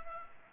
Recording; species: mosquito wingbeat signal from an infrared sensor; Culex pipiens